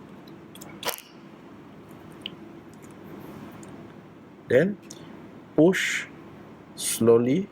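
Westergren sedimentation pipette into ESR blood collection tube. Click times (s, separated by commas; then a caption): 2.3 s. A glass or plastic Westergren sedimentation pipette is pressed gently down through the cap of an ESR blood collection tube while someone talks. A single sharp click at 2.3 s marks the pipette seating in the tube.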